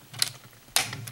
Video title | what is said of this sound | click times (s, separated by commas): Voyager Galvatron Review [Transformers: Age of Extinction] | clicked into place and then once you have this | 0.8 s